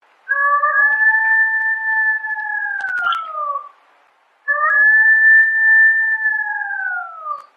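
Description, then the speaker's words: Golden jackal howling: two long, smooth howls that slide downward at the end, separated by a brief silence. "Und so hört sich das Heulen eines Goldschakals an."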